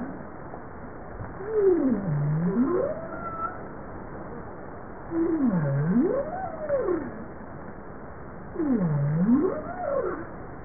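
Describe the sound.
Bowhead whale calls: three U-shaped moans, each falling to a low point and rising again, repeated about every three and a half seconds over a steady underwater hiss.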